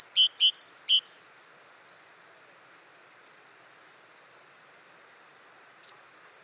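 Great tit calls: a quick run of sharp high notes alternating with lower ones in the first second, then quiet, then a brief similar burst near the end.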